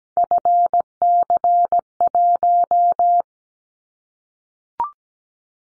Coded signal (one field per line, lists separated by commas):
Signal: Morse code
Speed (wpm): 17 wpm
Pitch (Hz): 700 Hz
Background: none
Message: FC1